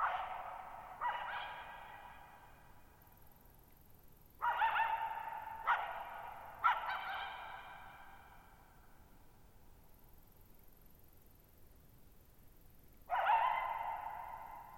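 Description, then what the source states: Coyote giving sharp barks with wavering yips, in bursts with pauses, each call trailing into a long echoing decay; a faint high hiss runs above. Lone coyote at night, July 14, 2019, Thirtymile Meadows, Okanogan National Forest (Okanogan High Country), Pacific Northwest, 6400 ft; tall mountains on a high, mostly dry plateau, shallow bowl-shaped meadows, boggy ground.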